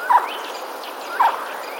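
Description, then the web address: Eurasian jay uttering two short rasping calls about a second apart. Recorded on 15 February 2022. "wroblowe ostrzegator sojka 15 02 2022"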